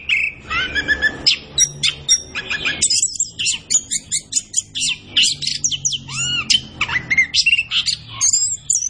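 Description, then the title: Orange-headed thrush song: fast, loud medley of sharp whistles, rising and falling slurs and dry chatter notes, delivered almost without a break. Kept songbird singing gacor (in full, vigorous song), used as masteran to train other birds in Indonesian songbird keeping (kicau mania). "Anis Kembang Gacor. Kicau Mania Masteran Anis Kembang"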